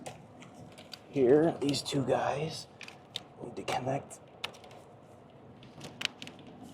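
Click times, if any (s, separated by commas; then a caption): 6.1 s. A glow plug harness connector is pushed onto a glow plug on the 6.0 diesel engine of a Ford Excursion while someone talks, with faint ticks and handling noises throughout. A sharp snap at 6.1 s marks the connector seating.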